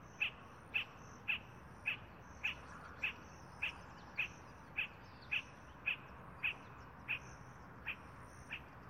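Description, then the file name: Spot-flanked barbet calling, a steady series of short, clipped notes repeated about every half second, with faint high insect or bird sounds behind. "Tricholaema lacrymosa - Spot-flanked Barbet"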